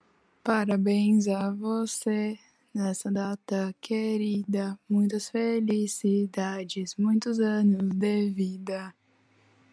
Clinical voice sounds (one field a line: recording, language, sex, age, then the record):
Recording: short text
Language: Brazilian Portuguese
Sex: female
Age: 20 to 29 years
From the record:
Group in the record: control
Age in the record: 22 years